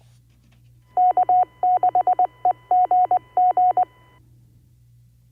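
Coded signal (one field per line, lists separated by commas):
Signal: Morse code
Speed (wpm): 20 wpm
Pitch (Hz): 730 Hz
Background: radio noise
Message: K6EGG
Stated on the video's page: Live ham radio stream using an Icom IC-9700 on D-STAR, Fusion and DMR with Allstar node, openSPOT3 and Pi-Star.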